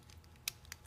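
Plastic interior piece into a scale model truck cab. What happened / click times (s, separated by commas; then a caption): Small plastic part handled, not yet seated / none. The plastic interior tub of a 1:64 scale Ford Louisville model truck is handled and brought to the cab, where it will be pressed in and snapped into place without glue. Quiet handling is broken by a sharp, bright tick at 0.5 s, a softer one near 0.7 s and a rising scrape at the very end. Nothing has seated or clicked into the cab yet.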